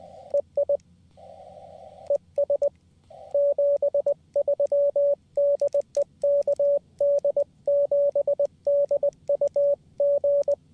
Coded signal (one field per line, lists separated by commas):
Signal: Morse code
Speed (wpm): 20 wpm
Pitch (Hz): 570 Hz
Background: radio noise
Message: EI ES 73 DE KD7DUG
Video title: Summits On The Air QRP CW Dipole Action Atop Iron Mountain